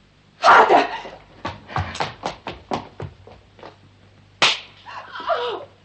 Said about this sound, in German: Von hier aus sah es aus wie eine Ohrfeige.